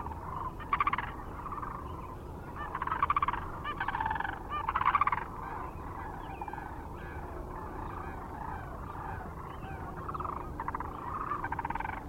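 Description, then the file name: Sandhill Crane calls, rolling rattled bugling notes in several bursts, many cranes calling together over a steady low rumble of background noise. Recorded near Kearney, Nebraska, on 9 March 2004. "2004-03-09 SACRandmore B Kearney NE"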